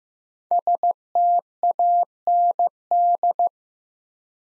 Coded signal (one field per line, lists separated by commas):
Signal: Morse code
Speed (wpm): 15 wpm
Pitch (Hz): 700 Hz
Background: none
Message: STAND